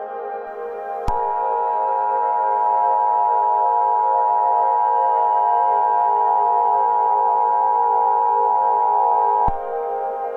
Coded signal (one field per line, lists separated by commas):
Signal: Emergency Alert System (SAME) tones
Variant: 853 and 960 Hz attention tone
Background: music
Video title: Teenage Kraken Invasion - An EAS Scenario